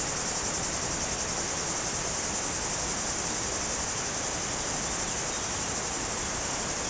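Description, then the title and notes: Cicada buzzing in a continuous high, dense shrill drone that holds steady throughout, over a broad rushing noise of flowing water. Cicadas very active in trees near the Jourdan river, slopes of the Grand Colombier above Culoz, France, on a hot day. "Chem. de Romagnieux, 01350 Culoz, France - Rivière et cigales. Sur les pentes du Grand Colombier au dessus de Culoz , par cette chaude journée les cigales sont très actives dans les arbres près du Jourdan"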